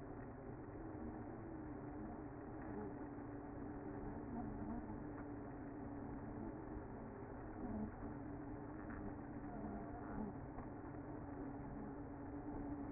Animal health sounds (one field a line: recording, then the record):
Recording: honeybee colony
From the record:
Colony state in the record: active